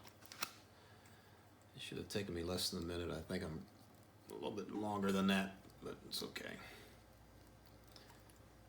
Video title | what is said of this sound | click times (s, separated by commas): How to Build and S550 Hexacopter with Pixhawk Flight Controller | it on the outside and just snaps right in place you | 0.3 s, 0.4 s